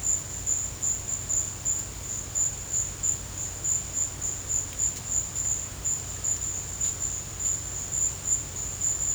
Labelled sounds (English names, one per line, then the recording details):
none
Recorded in dense forest near Puerto Asís, Putumayo, Colombia, on 22 December 2024 at 11:30
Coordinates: 0.481, -76.323
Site G100